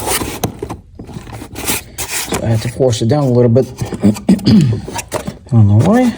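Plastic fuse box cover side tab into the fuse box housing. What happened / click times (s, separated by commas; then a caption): The plastic cover tab snapped into place / 0.4 s. A plastic fuse box cover on a 2002 Chevrolet Silverado Duramax, during a FASS Titanium fuel heater install, is forced down so its side tab clicks into the fuse box housing to lock it in place. A sharp snap at 0.4 s marks the tab seating, followed by scraping and rubbing sounds. Someone then talks.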